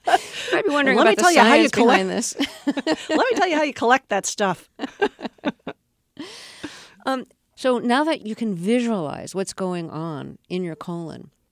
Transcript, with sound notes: might be wondering about the science behind this.
(LAUGHTER)
Let me tell you how you collect that stuff.
(LAUGHTER)
So now that you can visualize what's going on in your colon,